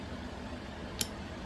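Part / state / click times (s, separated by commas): spiral lock retainer into piston pin bore groove / seated / 1.0 s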